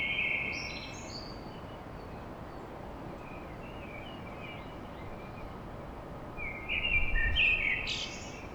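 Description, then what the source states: Common blackbird singing two warbled phrases, each ending in a high twitter, separated by a pause with a few faint notes, over a steady background hiss. Blackbird song at dawn in Paris.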